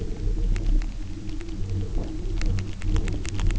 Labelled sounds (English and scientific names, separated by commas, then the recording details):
none
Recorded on Arctic tundra, site UTQI-0, on 27 June 2018
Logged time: 04:00